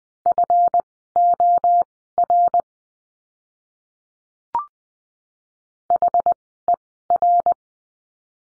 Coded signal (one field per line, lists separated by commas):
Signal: Morse code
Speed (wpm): 20 wpm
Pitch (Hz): 700 Hz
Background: none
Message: FOR HER